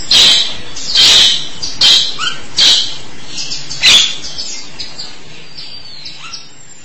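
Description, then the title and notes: Starling calls: several loud, harsh rasping bursts, followed by softer squeaks and short whistled notes. "suara burung jalak"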